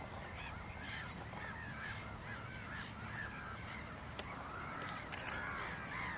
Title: Two Northern Lapwings (Kiebitze) in Enger, Germany